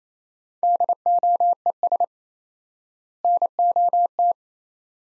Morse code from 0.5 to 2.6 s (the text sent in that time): DOES